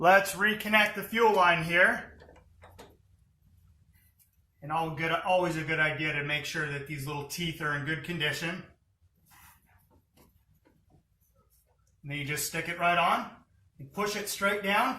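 A fuel line quick connector is checked and lined up before being pushed onto the fuel rail pipe of a Nissan Sentra, with its retaining teeth inspected for good condition. Someone talks throughout, with brief faint handling sounds near 2.8 s and 10.2 s. Nothing has seated or clicked yet.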